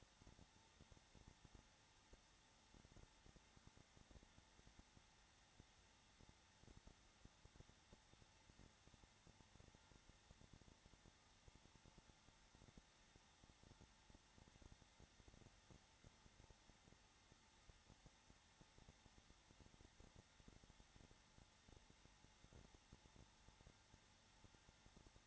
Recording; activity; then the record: daily activity, microphone in the room; no activity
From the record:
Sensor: 3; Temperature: 21.3 degrees Celsius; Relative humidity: 33.3%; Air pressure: 994.5 hPa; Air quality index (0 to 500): 168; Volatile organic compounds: 3 ppm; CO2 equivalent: 1459 ppm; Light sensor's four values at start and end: 2/3/2/2 and 2/3/2/2